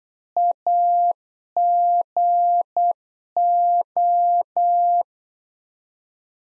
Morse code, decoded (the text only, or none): AGO